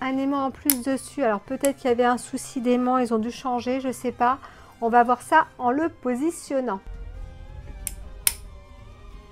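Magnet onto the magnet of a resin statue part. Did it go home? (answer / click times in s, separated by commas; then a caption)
yes / 8.3 s. Someone talks while positioning a part of a resin statue, then a second magnet from inside jumps out and snaps onto the blue magnet with a sharp click at 8.3 seconds. A smaller tick is heard at 7.9 seconds. The magnet is seated, clipped onto the other magnet.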